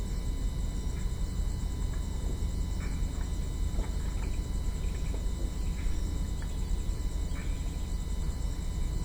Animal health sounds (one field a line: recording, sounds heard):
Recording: poultry house recording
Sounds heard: healthy chickens